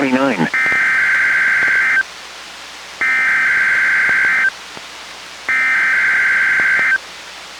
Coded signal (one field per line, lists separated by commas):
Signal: Emergency Alert System (SAME) tones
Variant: header bursts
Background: speech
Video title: EAS #610: NWR Required Weekly Test- Mar. 9, 2022- 12:00PM PST